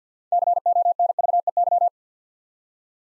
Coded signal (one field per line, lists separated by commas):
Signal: Morse code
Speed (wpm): 48 wpm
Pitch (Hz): 700 Hz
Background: none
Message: CONVEY